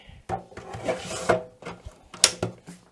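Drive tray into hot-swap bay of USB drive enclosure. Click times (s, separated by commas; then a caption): 2.2 s. A loaded drive tray holding a WD Red hard drive slides into a hot-swap bay of a USB drive enclosure with scraping and rubbing sounds. It ends in a loud latch click at 2.2 s as the tray seats, and someone talks.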